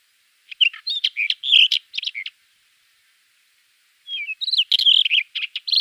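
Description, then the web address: Black wheatear song in two scratchy, chattering phrases of quick varied notes, separated by a silent gap of nearly two seconds. "Schulze Peter Black Wheatear song"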